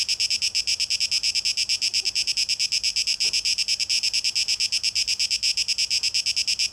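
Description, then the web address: Cicada song: a loud, shrill, high buzz pulsing in quick, even beats that keep going without a break. Recorded 12 August 2023; tape echo mix. "rauschpartikel Audio 2023-08-12 Zikaden (Tape Echo Mix)"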